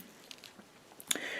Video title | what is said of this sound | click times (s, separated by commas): Earthspark Warrior Class Thrash Review | What you want to do is swing this round until it goes in there. You'll usually hear a click. | 1.1 s